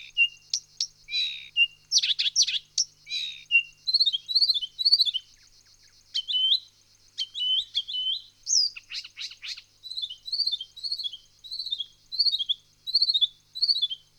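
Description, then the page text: Songbird song in varied high phrases, with buzzy bursts and trills, then a long series of repeated downslurred whistled notes. Songbirds of Australia. "Спокойствия звуки садов - 11. Певчие птицы Австралии"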